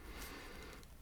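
Someone handles the small locking switch on the angle adjustment of a Kun Seven violin shoulder rest, moving to slide it into place after setting the tilt angle. There is about a second of soft, steady handling rustle with a faint tick near 0.8 s. Nothing has locked into place yet.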